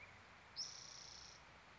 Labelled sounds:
Spotted Towhee (Pipilo maculatus)
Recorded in Sonoma County, California

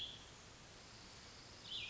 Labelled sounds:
Cassin's Vireo (Vireo cassinii)
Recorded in Sonoma County, California

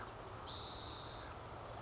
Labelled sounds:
Spotted Towhee (Pipilo maculatus)
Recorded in Sonoma County, California

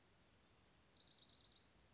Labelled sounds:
Orange-crowned Warbler (Leiothlypis celata)
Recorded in Sonoma County, California

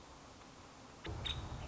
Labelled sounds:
Nuttall's Woodpecker (Dryobates nuttallii)
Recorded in Sonoma County, California

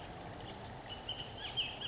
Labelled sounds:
Bullock's Oriole (Icterus bullockii)
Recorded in Sonoma County, California

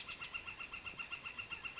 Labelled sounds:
Northern Flicker (Colaptes auratus)
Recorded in Sonoma County, California

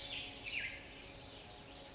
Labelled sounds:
Black-headed Grosbeak (Pheucticus melanocephalus)
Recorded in Sonoma County, California

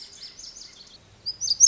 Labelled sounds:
Lazuli Bunting (Passerina amoena)
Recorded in Sonoma County, California

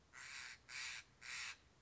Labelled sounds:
Steller's Jay (Cyanocitta stelleri)
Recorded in Sonoma County, California

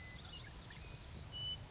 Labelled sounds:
Western Meadowlark (Sturnella neglecta)
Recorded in Sonoma County, California

